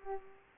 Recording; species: mosquito wingbeat signal from an infrared sensor; Culex pipiens